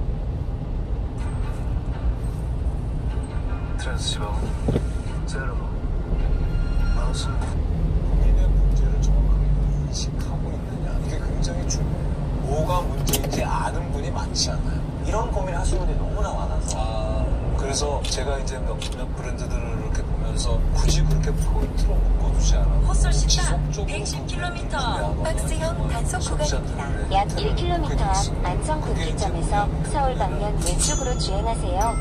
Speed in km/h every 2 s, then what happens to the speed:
18, 19, 20, 26, 30, 29, 28, 25, 21, 21, 27, 30, 30, 30, 32, 32.
4-8 speeds up to 30. 8-18 slows to 21. 18-22 speeds up to 30. 22-32 steady at about 30.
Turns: none.